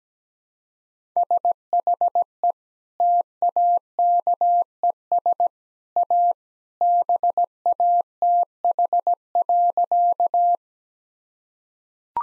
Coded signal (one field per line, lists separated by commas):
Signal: Morse code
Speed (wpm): 17 wpm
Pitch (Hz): 700 Hz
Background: none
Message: SHE TAKES A BATH.